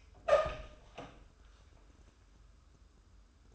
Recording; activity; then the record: daily activity, microphone in the room; open door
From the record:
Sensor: 2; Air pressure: 1015.0 hPa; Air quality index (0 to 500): 174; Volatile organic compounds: 10 ppm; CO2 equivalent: 2262 ppm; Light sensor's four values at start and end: 13/35/14/15 and 13/36/14/16